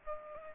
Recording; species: mosquito wingbeat signal from an infrared sensor; Aedes aegypti